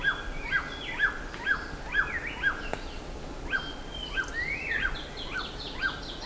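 Bird calling with sharp chevron-shaped notes roughly every half second, joined by higher rising chirps and a brief trill from other birds.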